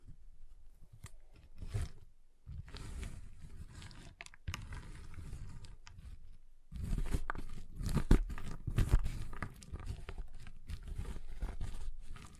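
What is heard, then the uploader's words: Tapping and snapping on a giant chocolate bar, heard as sharp clicks and cracks scattered over a low, rumbling handling noise. The first half is quieter with brief gaps near 2 and 4 seconds, then from about 7 seconds the sounds grow louder and busier. ASMR Giant Chocolate Bar Tapping, Cutting, Snapping Sounds (No Talking).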